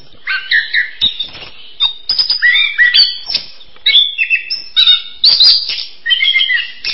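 Bird song, varied chirps and short whistled phrases delivered in quick clusters with brief pauses.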